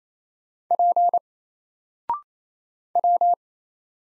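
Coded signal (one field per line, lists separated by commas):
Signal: Morse code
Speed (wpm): 28 wpm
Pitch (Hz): 700 Hz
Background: none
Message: P W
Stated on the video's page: Single Morse letters at 28 wpm, each sent, then spoken after a 0.6-second pause, then sent again; character recognition drill.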